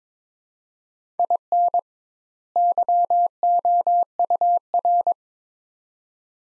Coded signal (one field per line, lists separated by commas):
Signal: Morse code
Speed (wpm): 22 wpm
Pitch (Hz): 700 Hz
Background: none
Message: IN YOUR